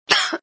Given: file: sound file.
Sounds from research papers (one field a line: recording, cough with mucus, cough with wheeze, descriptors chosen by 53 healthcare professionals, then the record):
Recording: cough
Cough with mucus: no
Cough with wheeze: no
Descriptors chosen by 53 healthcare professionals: dry 45, wheezy 17, hoarse 12, barking 6, brassy 3, moist 2, rattling 1, loose 1, productive 0, bovine 0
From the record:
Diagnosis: IPF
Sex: female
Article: The description of cough sounds by healthcare professionals